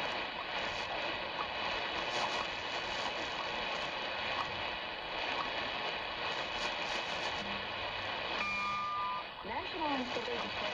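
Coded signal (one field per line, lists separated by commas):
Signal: radio time signal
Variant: WWVH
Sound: steady hiss, then one short steady high tone, followed by warbling gliding tones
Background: radio static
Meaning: The tone marks the start of the minute, 07:29 UTC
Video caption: At the tone, 7 hours 29 minutes, Coordinated Universal Time. (Tone)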